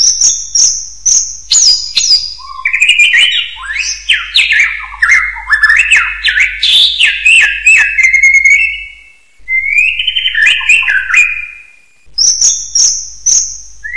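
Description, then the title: Bird song: a long, fast run of varied whistled and slurred notes sweeping up and down, pausing briefly before starting again, with a steady low hum underneath. "burung online"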